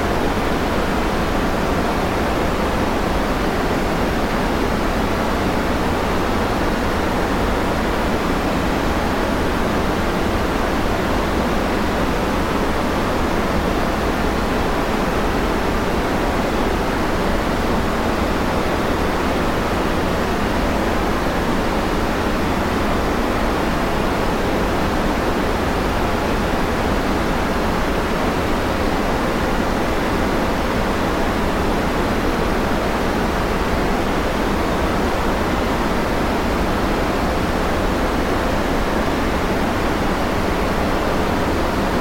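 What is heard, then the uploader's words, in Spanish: Pure, airy white noise runs unchanged for the whole stretch, a dense, even hiss filling everything from low rumble to bright top, softening slightly at the very highest end. Loudness never shifts, and no separate events or background sounds break through. Ruido Blanco Puro.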